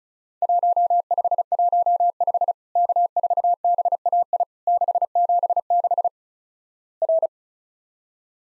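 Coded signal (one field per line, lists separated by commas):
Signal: Morse code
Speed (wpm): 36 wpm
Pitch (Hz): 700 Hz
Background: none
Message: 1515 K4BAI 676 R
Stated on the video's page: Morse practice of Worked All Europe DX Contest QTC exchanges at 35 WPM; each sent in Morse, spoken, then sent again.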